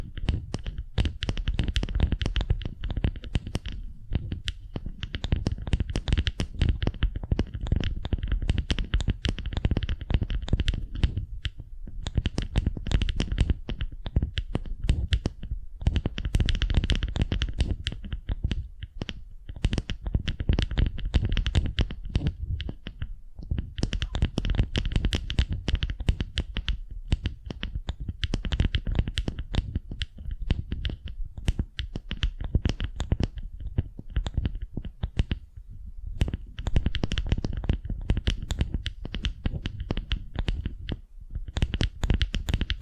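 Sticky crackling and tapping from a wax facial treatment, a dense rapid patter of tiny clicks with only brief pauses throughout.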